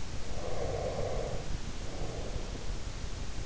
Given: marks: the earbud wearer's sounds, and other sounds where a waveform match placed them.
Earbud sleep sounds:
sounds in sleep by an in-ear microphone; breath
0.35-3.27 s: breath

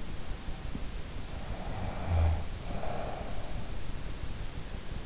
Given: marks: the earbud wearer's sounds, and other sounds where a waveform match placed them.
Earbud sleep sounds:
sounds in sleep by an in-ear microphone; snoring breath
1.68-3.70 s: snoring breath

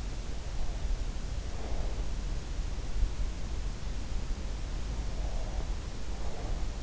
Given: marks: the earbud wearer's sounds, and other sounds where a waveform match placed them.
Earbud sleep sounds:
sounds in sleep by an in-ear microphone; breath
1.42-2.31 s: breath
5.11-6.83 s: breath

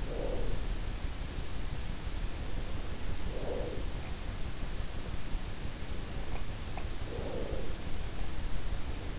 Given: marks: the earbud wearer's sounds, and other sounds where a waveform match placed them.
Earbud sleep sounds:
sounds in sleep by an in-ear microphone; breath
0.00-0.73 s: breath
3.17-4.29 s: breath
6.07-7.95 s: sound from someone else or the room
6.92-7.95 s: breath

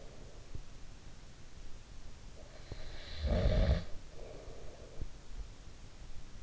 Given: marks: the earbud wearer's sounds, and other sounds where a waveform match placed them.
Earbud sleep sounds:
sounds in sleep by an in-ear microphone; snoring breath
2.62-5.02 s: snoring breath

